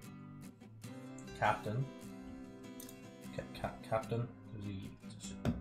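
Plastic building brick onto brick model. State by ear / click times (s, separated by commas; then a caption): seated / 5.4 s. A plastic building brick is pressed onto a Lego-like sakura tree model while someone talks over background music with guitar. The brick seats with a sharp click at 5.4 s, the most satisfying click so far.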